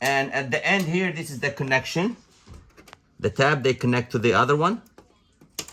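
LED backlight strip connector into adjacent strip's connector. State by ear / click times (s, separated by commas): seated / 5.6 s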